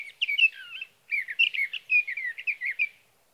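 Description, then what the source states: Sage thrasher singing a long, jumbled warble of quick slurred notes, a brief pause near one second, then more rapid varied phrases fading out at the end. Male singing through the night near his night roost, evening of June 12 to morning of June 15, 2018, Sierra Valley, California; recorded with a Swift recorder.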